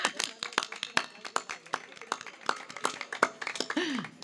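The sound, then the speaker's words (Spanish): A small group bursts into applause for a teacher, sharp uneven claps overlapping in a steady patter for about four seconds, with a short gliding vocal sound near the end. “La verdad que para mí se merece un aplauso.”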